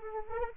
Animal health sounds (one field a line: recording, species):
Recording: mosquito wingbeat signal from an infrared sensor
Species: Anopheles arabiensis